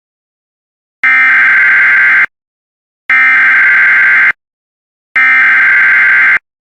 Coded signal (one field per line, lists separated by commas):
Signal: Emergency Alert System (SAME) tones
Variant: header bursts